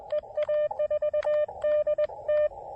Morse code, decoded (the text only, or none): EA4DT